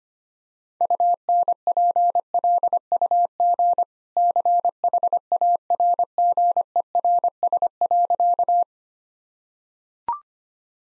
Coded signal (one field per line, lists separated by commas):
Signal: Morse code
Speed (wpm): 25 wpm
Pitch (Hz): 700 Hz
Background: none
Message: UNPLUG CHARGERS.